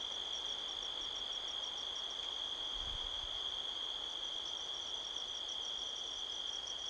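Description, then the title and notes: Steady high cricket trill with rhythmic pulsed chirps above, a brief low gust of wind near the middle, leaves rustling faintly. Crickets chirping all around at midnight, 5 October 2023, in a canyon at Sedona, Arizona, USA, with strong wind rustling trees. "Midnight Soundscape, Sedona, Arizona, USA on 5th October 2023 – by Joe Harvey-Whyte. A strong wind blows across the canyon, rustling trees. The sound of crickets can be heard all around"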